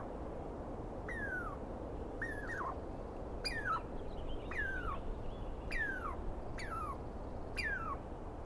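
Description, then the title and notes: Douglas squirrel calling, seven loud descending screeches repeated about once a second, each sliding sharply down in pitch. Wild Douglas Pine Squirrel, identified by sound, screaming at length at dawn on the morning of 21 April 2017 in the East Cascades. "On the morning of 21 April, 2017, I set up my microphones and recorder for a nice dawn recording in the East Cascades. I was started awake by a screaming Douglas Pine Squirrel."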